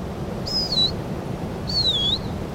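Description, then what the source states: Eurasian siskin calls: two thin, clear whistled notes about a second apart, each sliding downward, over a steady low background rumble. Male in winter plumage flying over, whistled in by the recordist, landing in a tree right beside them; winter garden bird count in Koedijk, Netherlands.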